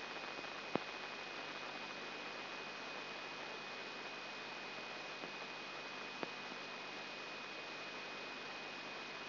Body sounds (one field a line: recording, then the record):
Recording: brain microelectrode recording played as sound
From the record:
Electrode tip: inside the subthalamic nucleus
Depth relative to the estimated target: 1 mm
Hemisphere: right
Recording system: AlphaMap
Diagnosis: Parkinson's disease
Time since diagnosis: 8 years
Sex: female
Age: 37 years